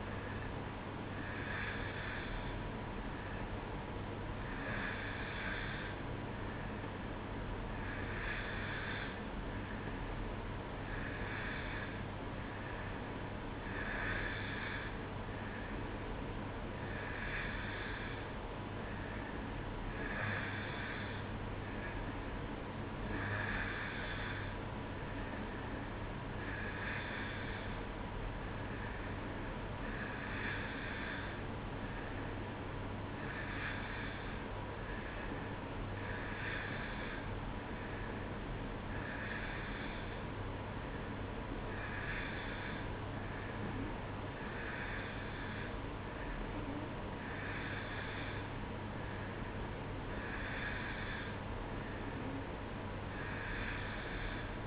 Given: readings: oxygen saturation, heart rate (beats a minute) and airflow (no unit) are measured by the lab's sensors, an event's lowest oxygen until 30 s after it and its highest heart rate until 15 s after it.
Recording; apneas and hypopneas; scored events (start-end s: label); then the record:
breathing in sleep by a voice recorder at the bedside; none
none scored
From the record:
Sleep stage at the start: N2 (light sleep); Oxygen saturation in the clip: 90 to 91%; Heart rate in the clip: 62 to 66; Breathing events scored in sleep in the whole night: 305 in 9.6 hours asleep